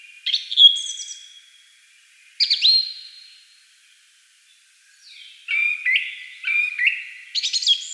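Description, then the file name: Song thrush song, clear whistled phrases with a ringing tail, then a run of quick repeated chirpy notes, separated by short pauses. "Turdus philomelos"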